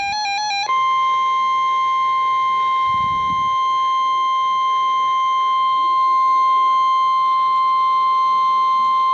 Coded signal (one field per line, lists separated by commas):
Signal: Emergency Alert System (SAME) tones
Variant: 1050 Hz attention tone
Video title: Real NOAA Weather Radio EAS Alert #273 + TV EAS Alert